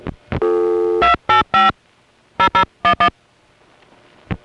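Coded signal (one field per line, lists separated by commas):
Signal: DTMF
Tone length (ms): 100 ms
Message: 285 0011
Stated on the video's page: Recorded on the old telephone network at a #5 Crossbar exchange in Van Nuys.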